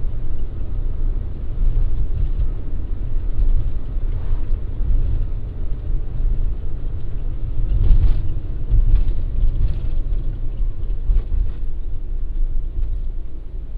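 A car drives steadily along, its low engine and road rumble continuous throughout. Faint brighter bumps and rattles appear every second or so, with a slightly louder jolt around the eighth second. The top end stays dull and cut off.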